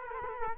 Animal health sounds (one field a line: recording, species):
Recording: mosquito wingbeat signal from an infrared sensor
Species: Culex quinquefasciatus